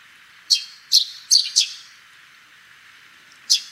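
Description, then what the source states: Eurasian tree sparrow calls, a cluster of four bright, clipped chirps followed after a short pause by a single chirp. Recorded on Kamishima island, Mie Prefecture, Japan.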